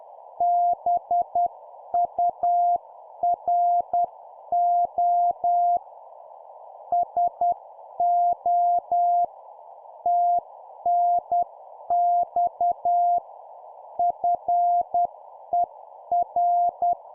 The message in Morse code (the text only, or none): BURO SO TNX FER